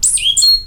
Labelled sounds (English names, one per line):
Stitchbird song